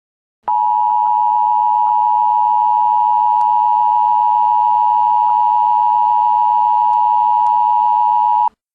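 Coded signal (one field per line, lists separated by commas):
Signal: Emergency Alert System (SAME) tones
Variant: 853 and 960 Hz attention tone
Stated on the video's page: Fictional EAS scenario made for entertainment, using actual SAME tones.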